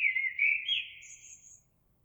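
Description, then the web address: Eurasian blackbird giving a short fluty warble that rises into a thin, very high squeaky twitter before fading, with faint low background noise. Recorded 26 April 2022. "oiseaux Merle 2022 04 26"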